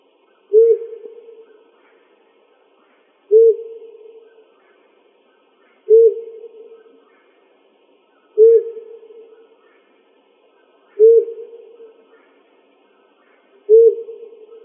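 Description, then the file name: Owl hooting steadily, six low, mellow single notes spaced roughly every two and a half seconds, each with a brief fading tail. Recorded in Arizona on 2005-06-06. "FLOW 2"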